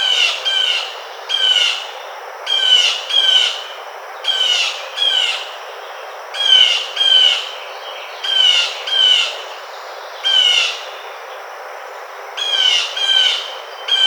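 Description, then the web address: Blue jay calling, loud raspy jeer notes mostly in doubled bursts repeated throughout, with quiet gaps between groups. 18 June 2009. "Blue Jay 2009 06 18"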